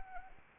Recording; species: mosquito wingbeat signal from an infrared sensor; Anopheles arabiensis